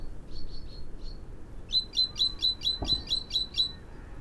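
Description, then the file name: Great tit calls: a soft run of high notes, then a fast series of sharp, clipped chirps, with a brief thud midway. "Parus major"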